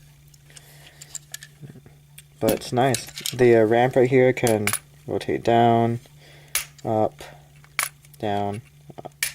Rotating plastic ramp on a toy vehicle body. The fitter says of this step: up i think it's really loud click sound though